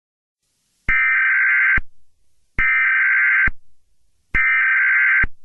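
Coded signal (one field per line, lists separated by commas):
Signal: Emergency Alert System (SAME) tones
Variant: header bursts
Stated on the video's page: Fictional EAS scenario.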